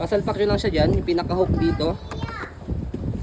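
Someone talks while an infant car seat is handled over the mounts and hook of a Joie Litetrax 3 stroller frame, with quieter handling noise after about 2.0 s and a faint knock near 2.9 s. Nothing has seated or clicked yet; the seat is not yet locked home on the stroller frame.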